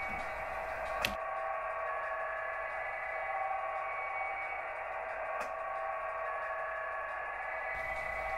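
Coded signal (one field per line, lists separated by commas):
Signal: PSK31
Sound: several faint steady warbling tones in hiss, with two sharp clicks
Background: radio static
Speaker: if you've connected everything correctly on your app screen you'll be able to see different streams of PSK 31 coming in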